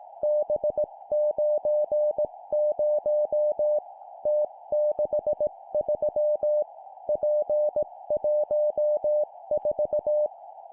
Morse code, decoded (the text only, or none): B90 T63 P14